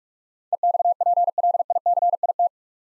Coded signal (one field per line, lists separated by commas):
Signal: Morse code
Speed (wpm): 44 wpm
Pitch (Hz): 700 Hz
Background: none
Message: EXPLICIT